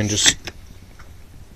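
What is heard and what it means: Someone talks while a rifle's metal upper receiver is handled against the lower receiver after the bolt carrier group has been dropped in, with brief metallic handling noises and a faint tick near 1.0 s. The upper has not snapped onto the lower yet, so nothing has seated or clicked in this clip.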